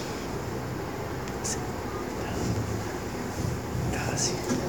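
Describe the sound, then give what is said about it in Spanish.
Steady rushing, splashing water runs for several seconds as a wet cloth is wrung out, with a couple of brief higher drips or spatters breaking through the continuous wash. “Cae el agua ya, cae el agua ya. Cae el agua ahí.”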